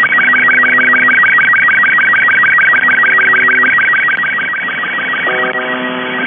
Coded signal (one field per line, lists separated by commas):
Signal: SSTV (slow-scan television)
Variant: Robot 36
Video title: UVB-76/The Buzzer - Bad Apple (sstv signal)